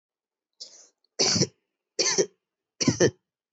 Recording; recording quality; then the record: shallow voluntary cough; excellent, no background noise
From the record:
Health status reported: healthy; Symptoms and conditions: none ticked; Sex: male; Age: 26 years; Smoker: not ticked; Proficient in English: yes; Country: India